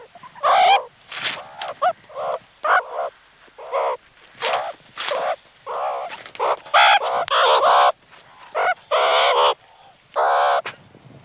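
Meerkat calls: a series of short, nasal, wavering squawks repeated irregularly, some rising and falling in pitch, with quiet gaps between.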